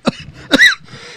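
Two quick, harsh, deliberately forced coughs from an adult man, the second slightly longer, heard in a quiet small room. The cough is put down to allergies.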